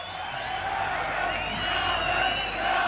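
A large concert crowd in East Berlin in 1988 shouts and cheers continuously, calling out for songs, a dense, steady roar of many overlapping voices with whoops rising above it, staying loud for the whole stretch without any single voice standing out.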